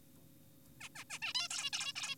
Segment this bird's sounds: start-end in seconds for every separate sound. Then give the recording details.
0.81-0.89, 0.96-1.04, 1.10-1.19, 1.22-1.33, 1.35-1.48, 1.51-1.70, 1.73-1.93, 1.96-2.16. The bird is an adult. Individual g4p5U